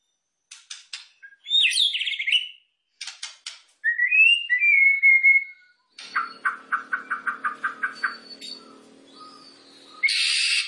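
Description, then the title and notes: White-eye song mixing twitters, a slurred whistle and a rapid series of repeated notes over a faint low hum, ending in a harsh buzzy burst. Masteran training recording of a pleci white-eye singing mimicry of canary, bren cicada and ciblek prinia songs; used as a bird-luring sound. "Masteran Pleci Nembak Kenari Bren Ciblek. Suara Pikat Burung Pilihan"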